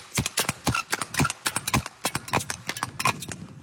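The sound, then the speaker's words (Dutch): Speed skater Smeekens's blades strike the ice from the start position in a rapid, uneven run of crisp clacks, about a dozen in under four seconds, with a few short, high squeaks when his foot is not placed quite right, picked up by a small microphone on his leg. No voices. “Elke keer als Smeekens zijn voet net niet helemaal goed neerzet, piept zijn ijzer.”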